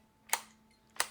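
Magnetic detachable controllers are released from the side rails of a handheld game console, producing two sharp, bright clicks at 0.3 s and 1.0 s against a quiet background with a faint steady hum.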